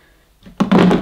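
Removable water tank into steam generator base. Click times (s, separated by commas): 0.6 s, 0.7 s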